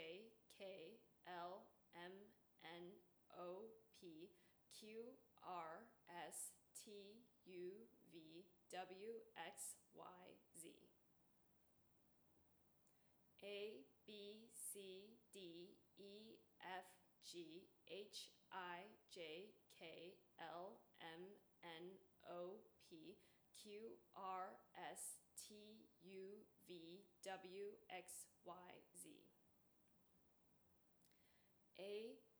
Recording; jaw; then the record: letters of the alphabet, spoken; free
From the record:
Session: seven days later